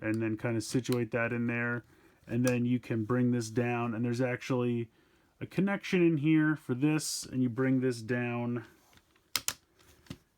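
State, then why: Seated. Someone talks while bringing down a plastic arm or claw section on a transforming toy figure and lifting it so it fits into the body joint. Two sharp clicks at 9.4 s and 9.5 s mark the arm piece clicking into place, seated.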